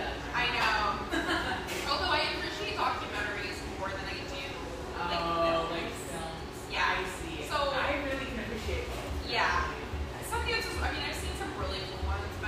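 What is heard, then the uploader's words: Murmur of an espresso joint in North Beach, with a woman's voice talking steadily over a dense, continuous bed of other chatter. Her speech comes in bright, quick phrases with short pauses, while a low rumble and scattered clinks fill the background throughout. Murmur of this bright, airy espresso joint in the North Beach neighborhood of one of America's best third-wave coffee cities.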